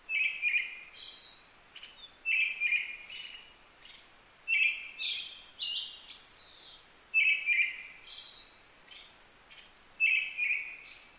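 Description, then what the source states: Brown-headed thrush song: five rolled whistled phrases, each trailed by sharp high notes, repeated every two to three seconds against quiet background. Recorded 15 May 2010 at 18:56.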